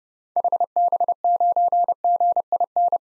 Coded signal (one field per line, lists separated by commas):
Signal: Morse code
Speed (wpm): 31 wpm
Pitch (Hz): 700 Hz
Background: none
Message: HB9GIN